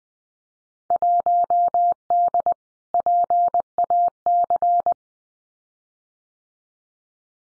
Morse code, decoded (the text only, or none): 1D PAC